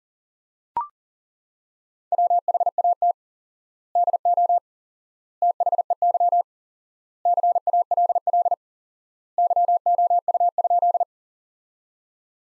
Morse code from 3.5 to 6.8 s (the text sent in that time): DO THEY